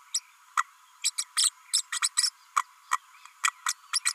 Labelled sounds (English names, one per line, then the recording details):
Green-rumped Parrotlet babbling
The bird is a female
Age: 32 days
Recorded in a nest box in Venezuela
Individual 17B32A5